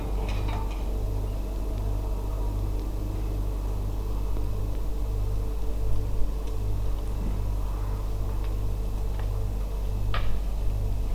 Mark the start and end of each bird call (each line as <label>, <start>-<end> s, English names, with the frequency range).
Eurasian Oystercatcher (2.3-3.1 kHz), 1.26-1.34 s